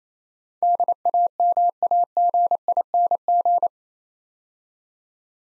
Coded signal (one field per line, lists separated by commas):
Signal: Morse code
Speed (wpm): 27 wpm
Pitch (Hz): 700 Hz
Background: none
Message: DAMAGING